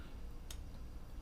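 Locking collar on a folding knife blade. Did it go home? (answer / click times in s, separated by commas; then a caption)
yes / 0.5 s. A folding knife is opened so its locking collar slides over the blade tang and locks the blade open. A single short, bright tick is heard at 0.5 s against a steady low background, and the collar is seated and locked in place.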